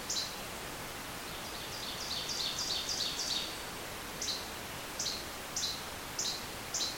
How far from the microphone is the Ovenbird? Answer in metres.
about 50 m